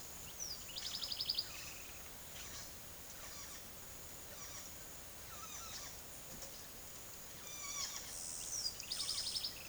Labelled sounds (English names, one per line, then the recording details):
House Wren
Yellow-tufted Woodpecker
Yellow-browed Sparrow
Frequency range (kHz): House Wren 1.0-7.4 kHz; Yellow-tufted Woodpecker 0.5-9.3 kHz; Yellow-browed Sparrow 4.5-11.0 kHz
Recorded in secondary vegetation near Puerto Asís, Putumayo, Colombia, on 25 June 2025 at 11:30
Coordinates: 0.489, -76.322
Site G021